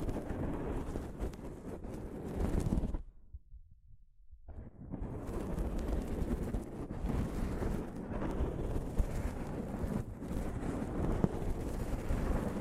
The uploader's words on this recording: ASMR Mic Brushing using Soft Fabric (No Talking).